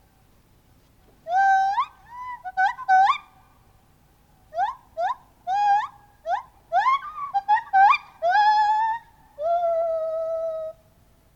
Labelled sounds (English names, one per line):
Lar Gibbon